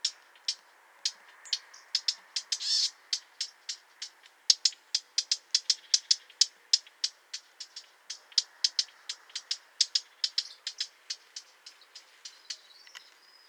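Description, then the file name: Eurasian blackcap calling with sharp ticking notes, a steady run of hard clicks roughly every third of a second, one brief buzzy burst, quiet background. "Sylvia atricapilla"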